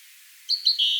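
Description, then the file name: Great tit calling with a quick run of high, thin chirps that slur together over about half a second. "Parus major"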